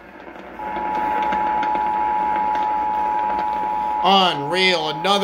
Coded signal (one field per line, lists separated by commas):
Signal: Emergency Alert System (SAME) tones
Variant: 853 and 960 Hz attention tone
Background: speech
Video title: RECORD-BREAKING NIGHT - EAS Alerts from 07/14/2021 (EAS #188-225)